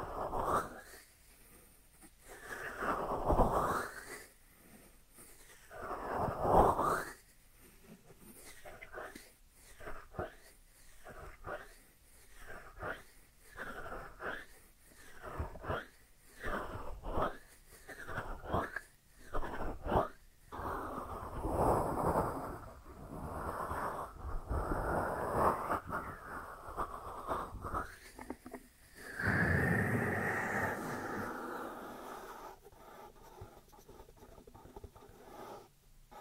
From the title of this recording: Dry Dry Dry Hand Sounds